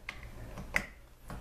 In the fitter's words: den Griff anziehen und dann einfach drauf stecken bis es einmal eingerastet ist